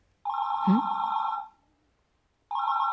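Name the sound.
telephone bell ringing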